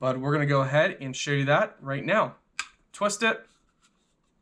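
A plastic AEGISLINK photoelectric smoke detector with a 10-year battery is being handled for twisting into its mounting base, where twisting locks it in and switches it on. Someone talks through most of the clip, followed by a few faint handling sounds. The clip ends before the detector is twisted home, so nothing has seated or clicked yet.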